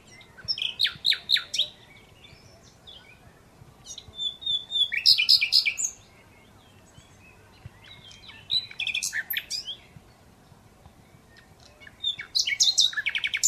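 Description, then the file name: Common Nightingale singing repeated bursts of quick, sharp notes and short trills, with brief pauses between each phrase. "Luscinia megarhynchos"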